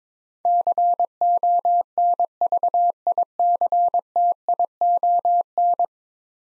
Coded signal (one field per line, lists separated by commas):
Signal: Morse code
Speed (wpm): 22 wpm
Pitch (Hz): 700 Hz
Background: none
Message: CONVICTION